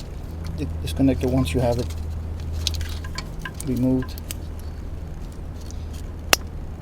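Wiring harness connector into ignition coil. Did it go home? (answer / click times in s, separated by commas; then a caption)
yes / 6.3 s. Someone talks while the wiring harness connector is pushed onto a new ignition coil on a Chrysler, Dodge, RAM or Jeep. There is a low steady hum and a few faint ticks. One very loud, sharp click at 6.3 s marks the connector seating into the coil.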